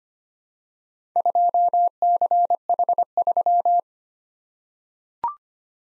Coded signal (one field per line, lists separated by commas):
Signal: Morse code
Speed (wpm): 25 wpm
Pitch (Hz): 700 Hz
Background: none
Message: 2CH3